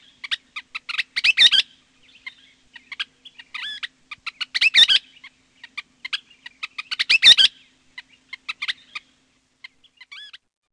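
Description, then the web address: Western Kingbird calling in sputtered, squeaky chatter bursts about every three seconds, with thin separate notes in the gaps. "Peterson North American Birds"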